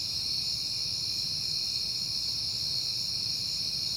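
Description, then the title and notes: Crickets chirping in a continuous, steady high-pitched chorus that never pauses, over a faint low rumble. Crickets at night in September, on a peaceful night. "Night Time: Crickets and Passing Cars. It is September and I have been hearing the crickets a lot"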